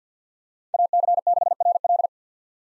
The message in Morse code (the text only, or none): AC6RL